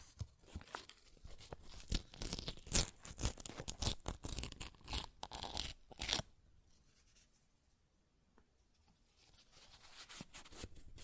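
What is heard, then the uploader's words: Paper is ripped and torn in a quick burst of dense, bright, crackling rips, with the loudest tears around the middle of the first six seconds. After about six seconds the tearing stops, leaving near silence with a few faint rustles toward the end. ASMR Paper Ripping Tearing Sounds (No Talking).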